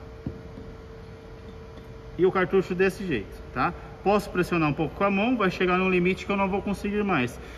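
A SAMES KREMLIN Airmix GT pump cartridge (up to 50cc) is positioned and lined up with its part in the paint pump body, ready to be pressed by hand and then tapped home. A steady hum runs through the first four seconds, with a faint tick near 0.3 s, and someone talks from about 2.2 s onward. Nothing has seated or clicked yet.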